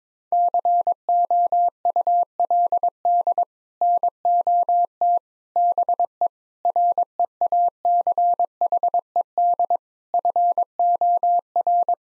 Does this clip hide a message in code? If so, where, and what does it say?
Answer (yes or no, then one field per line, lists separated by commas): yes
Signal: Morse code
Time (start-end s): 0.3-11.9 s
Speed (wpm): 22 wpm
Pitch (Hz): 700 Hz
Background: none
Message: COULD NOT BE REACHED FOR